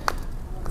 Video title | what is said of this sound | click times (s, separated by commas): COCOK JUGA BUAT YANG SUKA NGINCER SUPERMEN | bunyi klek itu kita dorong lagi oh | 0.1 s